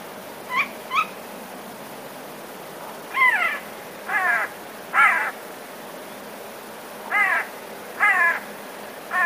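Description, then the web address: Eurasian jay repeating grating, rasping screeches at irregular intervals, several calls after two thin, brief notes near the start. Alarm call; recorded 13 February 2019. "wroblowe ostrzegator sojka"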